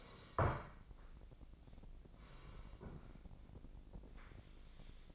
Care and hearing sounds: daily activity, microphone in the room; sit down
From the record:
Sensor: 5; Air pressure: 1012.4 hPa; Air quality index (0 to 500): 149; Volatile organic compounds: 2 ppm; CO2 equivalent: 1026 ppm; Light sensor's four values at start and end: 272/652/278/307 and 272/653/278/307

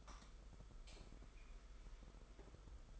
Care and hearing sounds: daily activity, microphone in the room; light on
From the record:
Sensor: 5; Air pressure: 991.2 hPa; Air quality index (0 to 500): 108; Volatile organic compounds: 24 ppm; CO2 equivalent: 2811 ppm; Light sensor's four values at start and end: 18/43/17/19 and 19/47/19/21

